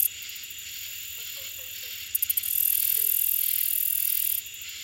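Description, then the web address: Handsome meadow katydid song: a quick series of high ticks followed by a long, steady, very high-pitched buzz lasting about two seconds, then more soft ticking. "The Songs of Insects. Handsome Meadow Katydid"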